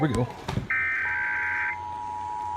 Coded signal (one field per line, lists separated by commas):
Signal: Emergency Alert System (SAME) tones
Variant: header bursts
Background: speech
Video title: 10 SUBS!!! National Periodic Test on 94.9 KYSS-FM & 93.3 KGGL-FM Missoula (EAS #77-78)